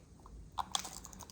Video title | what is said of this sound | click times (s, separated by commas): Toyota 4Runner Towing Upgrade: REDARC Brake Controller Plug & Play! (Easy and Simple) | And then you plug it in like so. Wait for the click. | 0.8 s